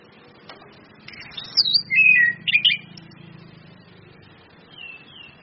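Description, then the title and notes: Orange-headed thrush song: a high slurred whistle leading into a rich warbling phrase, then a faint thin whistle, over low steady hum. Indonesian bird-training lure recording of anis kembang in ngeplong song style, mixed with female whistles (suitan betina), meant to make birds sing vigorously (gacor); used as masteran tutor audio. "Anis Kembang 5. PANCINGAN anis kembang ngeplong dan SUITAN BETINA. Masteran Anis Kembang"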